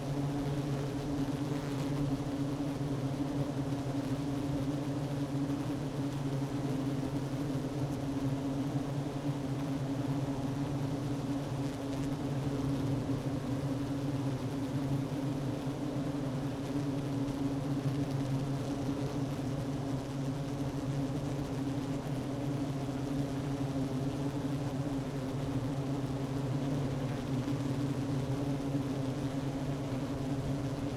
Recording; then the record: honeybee colony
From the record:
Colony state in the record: active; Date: 12 June 2018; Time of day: 11:20